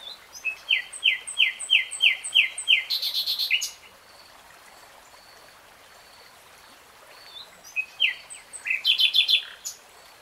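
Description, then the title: Nightingale song: a rhythmic run of repeated rising chirps and a buzzy burst, a pause, then another phrase of rapid notes. Nightingale singing in real time. "[Tiếng chim hót] 3 Hours REALTIME Nightingale Singing"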